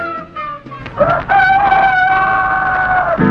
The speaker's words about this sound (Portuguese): A gente pensa que ao romper do dia, o galo canta pra saudar o sol. Mas quando canta o galo diz somente, se eu tivesse dente, só usava Eucalol.